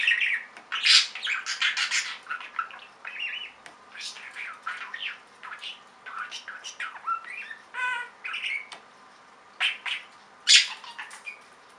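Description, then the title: Budgerigar chatter: quick scratchy chirps, squawks and clicking notes in dense runs, with a few rasping buzzy calls near eight seconds. "Budgie Sounds"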